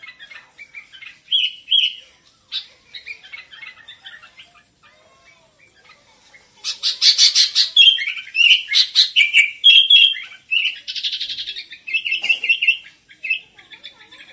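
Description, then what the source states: Sooty-headed bulbul singing: scattered chirps at first, then a dense burst of loud chattering, rapid notes and short warbled phrases that fade into softer chirps. Local name kutilang; described as gacor, singing actively.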